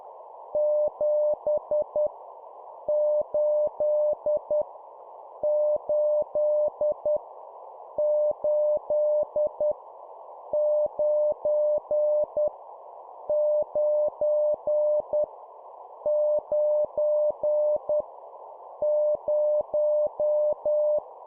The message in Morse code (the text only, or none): 7 8 8 8 9 9 9 0